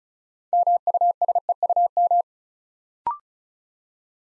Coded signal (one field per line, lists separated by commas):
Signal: Morse code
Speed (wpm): 36 wpm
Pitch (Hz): 700 Hz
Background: none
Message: MUSEUM